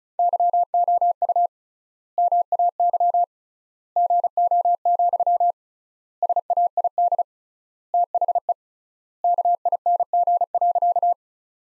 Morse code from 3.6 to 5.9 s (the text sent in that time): GO,